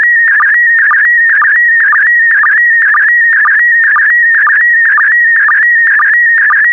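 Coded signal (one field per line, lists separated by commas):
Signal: SSTV (slow-scan television)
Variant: PD120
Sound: warbling tone shifting in pitch, with a short low blip about twice a second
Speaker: complete. You can now check your decoded image against the picture that is shown on the video.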